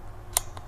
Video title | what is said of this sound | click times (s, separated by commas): CV Life Stud Mount Bipod - Mounting on Ruger PC Carbine | But there, now it catches. | 0.4 s